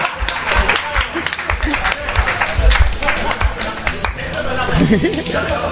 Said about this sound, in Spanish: Y pido otro aplauso más